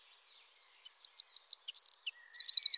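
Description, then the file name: Eurasian wren song of varied, high twittering notes building into a rapid, even trill at the end. "troglodyte"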